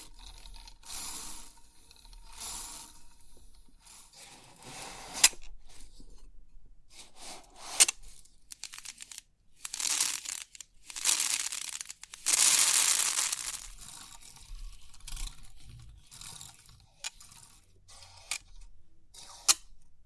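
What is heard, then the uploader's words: Crisp 3D pin art being handled, with bursts of bright, hissing clicks and rustles as the pins shift. The bursts come irregularly, some brief and some lasting a second or more, loudest around the twelve-second mark, with quiet gaps and sharp ticks between them. Crisp 3D Pin Art Tingles(No Talking).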